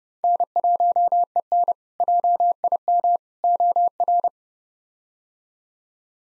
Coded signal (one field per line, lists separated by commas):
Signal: Morse code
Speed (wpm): 30 wpm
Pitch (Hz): 700 Hz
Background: none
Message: N1EN JIM OR